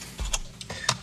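Inside a Dell XPS M1730 laptop during a graphics card repair, a small internal connector is lined up and pressed into the motherboard or graphics card by hand pressure, without forcing it. Short faint ticks sound around 0.3 s and 0.6 s, then a sharper, louder small click at 0.9 s as the connector seats.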